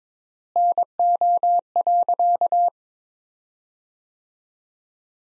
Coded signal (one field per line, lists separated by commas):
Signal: Morse code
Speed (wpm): 21 wpm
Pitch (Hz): 700 Hz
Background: none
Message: NO.